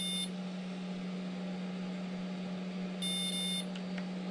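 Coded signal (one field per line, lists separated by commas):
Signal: beep code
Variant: DJI Spark drone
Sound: a short electronic beep at the start, a longer beep later, then two clicks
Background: low hum, fan noise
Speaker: button until you hear two beeps there you go actually it's three the one initial the two what I'm talking about the two beeps is the two quick beeps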